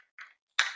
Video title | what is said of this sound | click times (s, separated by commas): Unboxing The Easiest To Load, E-Bike Carrier | You hear it snap in. | 0.6 s